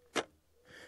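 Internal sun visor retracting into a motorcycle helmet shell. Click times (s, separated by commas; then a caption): 0.2 s. The internal tinted drop-down sun visor of an Icon Airflite motorcycle helmet is pushed up into its stowed position, giving a single sharp click at 0.2 s as the mechanism locks it up. The click is followed by a quiet hiss toward the end of the clip. The visor seats and disappears fully into the helmet shell.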